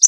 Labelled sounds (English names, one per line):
Connecticut Warbler flight call